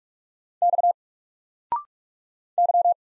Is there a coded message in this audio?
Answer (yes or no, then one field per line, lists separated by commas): yes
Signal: Morse code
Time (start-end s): 0.6-2.9 s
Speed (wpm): 48 wpm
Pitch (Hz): 700 Hz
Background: none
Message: X Y